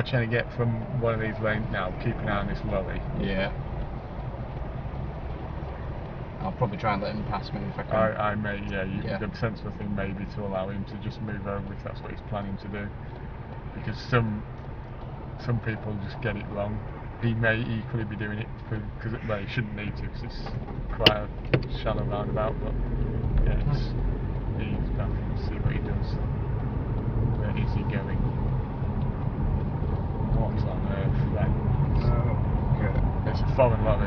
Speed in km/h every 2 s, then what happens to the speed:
0, 0, 0, 0, 0, 0, 0, 0, 0, 0, 3, 15, 16, 21, 23, 24, 19.
0-19 standing. 19-30 pulls away to 24.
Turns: none.